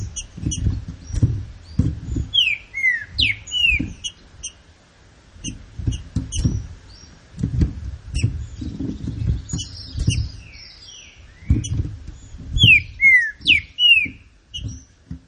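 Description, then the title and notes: Green-winged saltator song: sweet descending whistle phrases several times, with high twitters and intermittent low thuds. Classic song style of the green-winged saltator, presented for training. "Canto Clássico Trinca Ferro TREINAMENTO. trinca fero"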